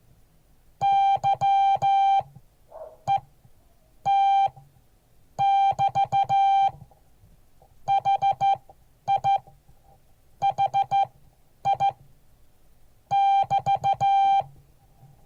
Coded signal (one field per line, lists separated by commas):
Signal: Morse code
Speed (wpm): 14 wpm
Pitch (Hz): 790 Hz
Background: none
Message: YET<BT>HIHI<BT>